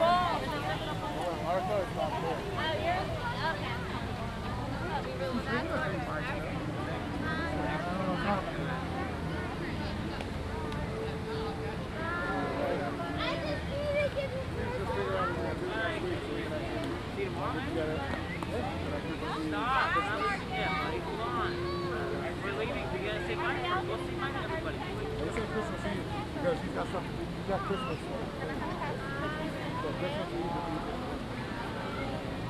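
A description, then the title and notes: A walk through Lake Eola Park in Orlando, with overlapping voices of people chatting throughout at a steady level. A low hum runs underneath, and a couple of brief sustained tones ring out around 10–12 and 21–25 seconds. A Walk Around Lake Eola Park (Orlando, Florida).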